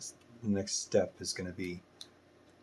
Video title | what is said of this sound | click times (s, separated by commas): Building 3 genuine MoonSwatches at the same time! With lots of problems... and solutions. | there we go, it's popped into place, and this also keeps it centered. | 2.0 s